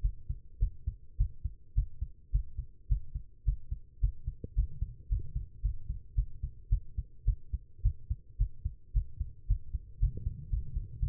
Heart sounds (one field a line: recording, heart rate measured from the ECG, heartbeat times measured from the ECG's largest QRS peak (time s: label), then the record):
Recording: heart sounds by stethoscope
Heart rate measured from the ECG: 109 bpm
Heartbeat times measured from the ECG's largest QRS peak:
0.02 s: heartbeat
0.59 s: heartbeat
1.17 s: heartbeat
1.75 s: heartbeat
2.32 s: heartbeat
2.88 s: heartbeat
3.45 s: heartbeat
4.00 s: heartbeat
4.55 s: heartbeat
5.09 s: heartbeat
5.62 s: heartbeat
6.15 s: heartbeat
6.69 s: heartbeat
7.25 s: heartbeat
7.82 s: heartbeat
8.38 s: heartbeat
8.93 s: heartbeat
9.47 s: heartbeat
10.00 s: heartbeat
10.50 s: heartbeat
11.00 s: heartbeat
From the record:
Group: healthy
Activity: rest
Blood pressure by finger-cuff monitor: 118/77 mmHg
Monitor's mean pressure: 88 mmHg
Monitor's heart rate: 108 bpm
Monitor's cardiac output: 8.1 L/min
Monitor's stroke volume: 77 mL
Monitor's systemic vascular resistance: 780 dyn s/cm5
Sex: female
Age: 19 years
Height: 163 cm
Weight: 51 kg